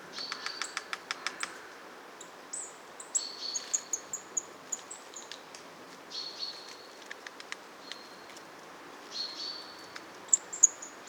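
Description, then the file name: Marsh Tit calling: a rapid run of sharp ticking clicks, then high thin whistled notes repeated irregularly over background hiss. "Poecile palustris"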